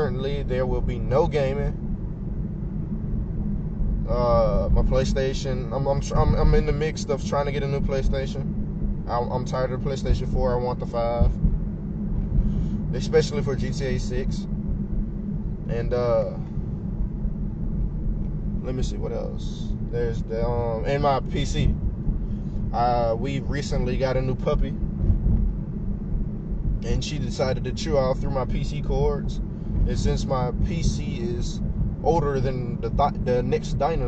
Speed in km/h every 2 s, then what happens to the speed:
42, 42, 40, 40, 42, 44, 42, 42, 40, 39, 39, 39, 40, 40, 40, 40, 40.
0-34 steady at about 40.